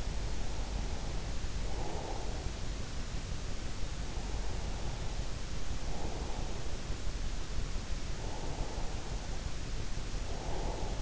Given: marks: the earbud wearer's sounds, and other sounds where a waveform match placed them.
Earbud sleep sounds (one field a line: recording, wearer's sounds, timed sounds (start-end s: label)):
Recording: sounds in sleep by an in-ear microphone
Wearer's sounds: breath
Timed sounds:
0.00-2.51 s: breath
4.31-6.57 s: breath
8.08-11.02 s: breath